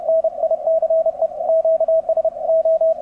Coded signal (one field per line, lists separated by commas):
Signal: Morse code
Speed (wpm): 30 wpm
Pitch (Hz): 650 Hz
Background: radio noise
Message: NICE QSO